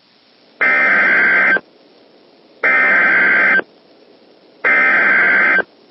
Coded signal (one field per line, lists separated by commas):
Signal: Emergency Alert System (SAME) tones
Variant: header bursts